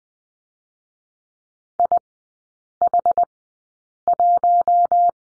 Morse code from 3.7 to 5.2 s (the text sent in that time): 1